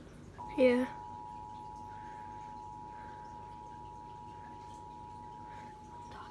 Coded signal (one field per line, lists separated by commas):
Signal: Emergency Alert System (SAME) tones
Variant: 853 and 960 Hz attention tone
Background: speech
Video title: EAS Child abduction in Hermiston OR